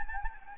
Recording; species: mosquito wingbeat signal from an infrared sensor; Anopheles gambiae